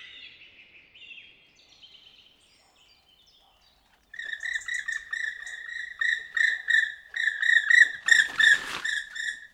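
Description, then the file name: Black woodpecker giving a fast series of ringing notes after a few seconds of faint, thin calls; a brief rustle near the end. "pic noir"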